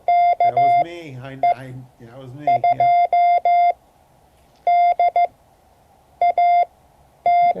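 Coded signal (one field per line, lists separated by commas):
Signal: Morse code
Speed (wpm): 15 wpm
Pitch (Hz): 700 Hz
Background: speech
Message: KE2DAT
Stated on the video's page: Morse code class lesson, part 3 of 12.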